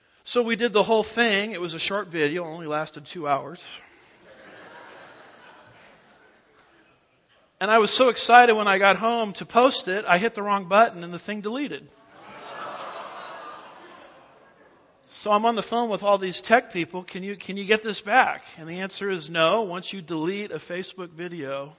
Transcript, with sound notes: So we did the whole thing, it was a short video, it only lasted two hours, and I was so excited when I got home to post it I hit the wrong button and the thing deleted. [Laughter] So I’m on the phone with all these tech people, can you get this back. And the answer is no, once you delete a Facebook video